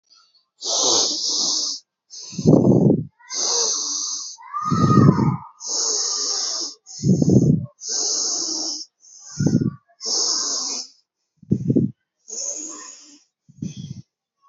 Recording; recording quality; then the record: deep breathing; excellent, no background noise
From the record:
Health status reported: healthy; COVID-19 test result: negative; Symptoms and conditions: cough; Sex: female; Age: 29 years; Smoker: not ticked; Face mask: not worn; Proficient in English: yes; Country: India